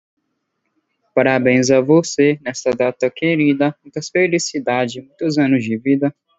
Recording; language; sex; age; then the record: short text; Brazilian Portuguese; male; 20 to 29 years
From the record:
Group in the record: control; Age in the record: 20 years